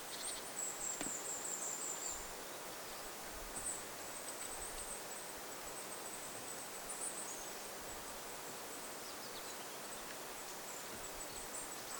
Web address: paivat 25 8 2026 pikkulintuparvi jossa on hippiaisia